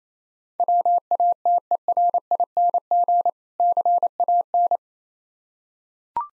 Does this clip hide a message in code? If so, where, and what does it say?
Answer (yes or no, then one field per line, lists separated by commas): yes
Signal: Morse code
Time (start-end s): 0.6-4.8 s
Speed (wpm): 28 wpm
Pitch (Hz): 700 Hz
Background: none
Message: WATERING CAN